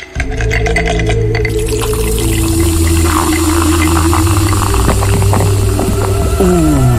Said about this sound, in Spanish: Si disfrutaste con tan solo escuchar el sonido de una Canada Dry bien fría, imagínate lo que sentirías cuando la pruebes. A burbujas doradas, a buen gusto, a eso sabe Canada Dry, sensación única.